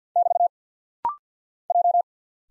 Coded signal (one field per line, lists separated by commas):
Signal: Morse code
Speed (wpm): 50 wpm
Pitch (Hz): 700 Hz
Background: none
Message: <BT> J